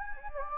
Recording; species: mosquito wingbeat signal from an infrared sensor; Anopheles gambiae